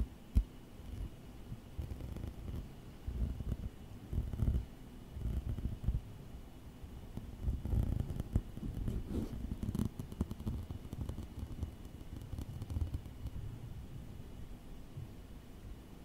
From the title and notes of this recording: Close-up Tapping & Tracing Office Objects. Gusti was at the office and he found a lot of interesting objects to tap or to trace on.